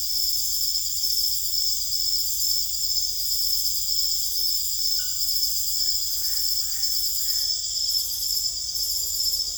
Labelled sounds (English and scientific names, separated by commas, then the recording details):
none
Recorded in secondary vegetation near Puerto Asís, Putumayo, Colombia, on 20 December 2024 at 23:00
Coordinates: 0.488, -76.319
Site GP04